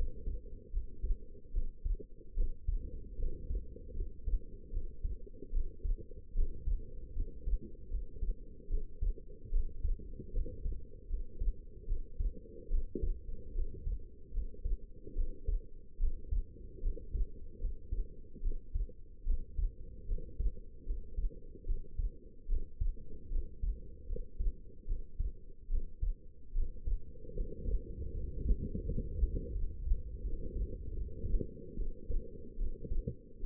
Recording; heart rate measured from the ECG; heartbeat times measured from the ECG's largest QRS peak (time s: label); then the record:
heart sounds by stethoscope; 75 bpm
0.71 s: heartbeat
1.52 s: heartbeat
2.35 s: heartbeat
3.17 s: heartbeat
3.95 s: heartbeat
4.71 s: heartbeat
5.51 s: heartbeat
6.33 s: heartbeat
7.14 s: heartbeat
7.89 s: heartbeat
8.68 s: heartbeat
9.50 s: heartbeat
10.32 s: heartbeat
11.08 s: heartbeat
11.86 s: heartbeat
12.69 s: heartbeat
13.53 s: heartbeat
14.32 s: heartbeat
15.14 s: heartbeat
15.98 s: heartbeat
16.81 s: heartbeat
17.59 s: heartbeat
18.41 s: heartbeat
19.24 s: heartbeat
20.07 s: heartbeat
20.85 s: heartbeat
21.65 s: heartbeat
22.47 s: heartbeat
23.29 s: heartbeat
24.07 s: heartbeat
24.86 s: heartbeat
25.68 s: heartbeat
26.53 s: heartbeat
27.35 s: heartbeat
28.12 s: heartbeat
28.84 s: heartbeat
29.53 s: heartbeat
30.22 s: heartbeat
30.95 s: heartbeat
31.76 s: heartbeat
32.57 s: heartbeat
33.41 s: heartbeat
From the record:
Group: healthy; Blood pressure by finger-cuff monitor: 91/63 mmHg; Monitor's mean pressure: 71 mmHg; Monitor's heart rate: 75 bpm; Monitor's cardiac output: 5.5 L/min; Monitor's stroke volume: 74 mL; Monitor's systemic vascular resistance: 910 dyn s/cm5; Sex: female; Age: 19 years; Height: 163 cm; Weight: 51 kg